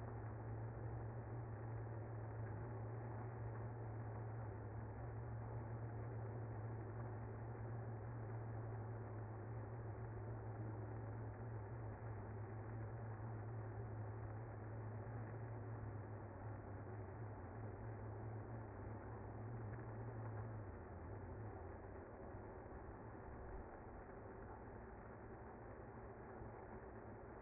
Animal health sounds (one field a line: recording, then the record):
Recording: honeybee colony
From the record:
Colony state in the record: active